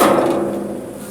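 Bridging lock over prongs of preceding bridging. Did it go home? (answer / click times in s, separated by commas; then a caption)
no / none. The lock on a piece of Stramit intermediate steel bridging is handled over the two locator prongs of the preceding bridging, giving a sharp knock at the start that fades into a ringing tone over about a second while someone talks briefly. Nothing has seated or clicked yet.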